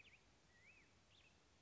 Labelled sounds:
Black-headed Grosbeak
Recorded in Sonoma County, California

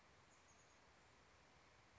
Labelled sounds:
Chestnut-backed Chickadee
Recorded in Sonoma County, California

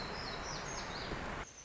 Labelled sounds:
Black-throated Gray Warbler
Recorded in Sonoma County, California

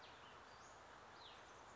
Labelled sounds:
Western Flycatcher
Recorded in Sonoma County, California

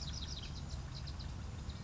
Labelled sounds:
Bewick's Wren
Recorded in Sonoma County, California

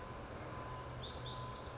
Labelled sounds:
Lazuli Bunting
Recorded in Sonoma County, California

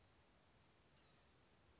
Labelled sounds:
Blue-gray Gnatcatcher
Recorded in Sonoma County, California

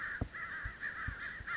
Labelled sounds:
American Crow
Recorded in Sonoma County, California

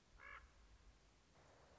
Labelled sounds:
Common Raven
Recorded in Sonoma County, California

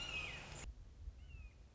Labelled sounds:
Red-shouldered Hawk
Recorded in Sonoma County, California

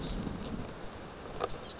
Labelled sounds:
Oak Titmouse
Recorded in Sonoma County, California

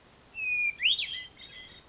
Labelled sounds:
Hermit Thrush
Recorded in Sonoma County, California

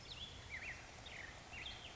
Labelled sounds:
Black-headed Grosbeak
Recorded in Sonoma County, California

